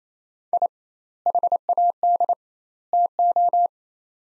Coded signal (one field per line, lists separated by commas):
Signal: Morse code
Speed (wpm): 28 wpm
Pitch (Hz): 700 Hz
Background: none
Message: I HAD TO